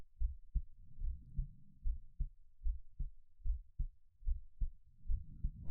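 An adult's normal heartbeat, heard close up.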